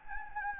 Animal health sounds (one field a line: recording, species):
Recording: mosquito wingbeat signal from an infrared sensor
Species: Anopheles gambiae